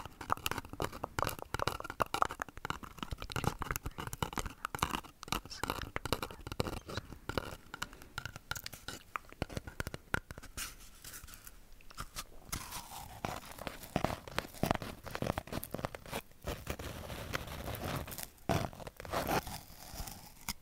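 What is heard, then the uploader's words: Bare-mic ASMR triggers: dense, rapid crinkly scratching and crunching taps fill all 21 seconds, with steady faint tones and quieter patches around twelve seconds. ASMR Intense Bare Mic Triggers.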